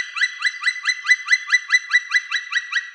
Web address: Dryocopus martius